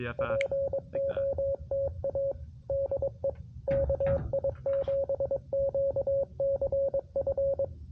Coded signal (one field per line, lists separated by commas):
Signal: Morse code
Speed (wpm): 22 wpm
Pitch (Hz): 550 Hz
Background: speech, radio noise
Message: POTA DE KI7QCF